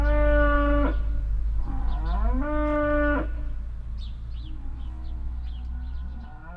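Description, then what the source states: Cow lowing: two loud, rich moos about a second long, with quieter answering moos. Small birds chirp high above, and a steady low rumble runs underneath. At a farmstead beside a willow in Heiderscheid; one cow moos loudly and constantly while moving behind a bush, other cows answer more quietly; cars pass nearby.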